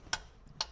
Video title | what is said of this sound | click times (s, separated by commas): Oil Change - Nissan Frontier - 2005-2021 | is 30 foot-pounds in. Once you hear it click like that, you know that it's torqued properly. | 0.6 s